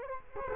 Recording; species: mosquito wingbeat signal from an infrared sensor; Culex quinquefasciatus